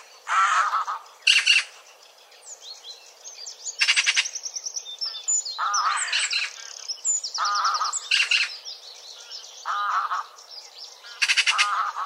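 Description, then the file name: Eurasian magpie giving harsh, rasping chack calls at irregular intervals, some doubled, while other small birds sing varied twittering and whistled phrases throughout. "Pica pica"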